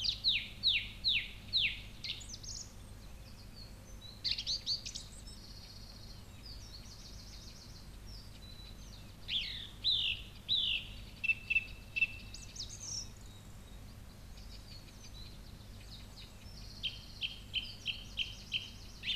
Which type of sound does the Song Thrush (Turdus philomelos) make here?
song